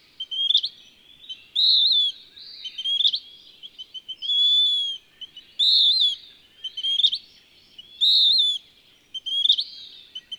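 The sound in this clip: Bird song alternating long pure whistles and busier chirped phrases in quick succession, all high pitched with nothing else clear.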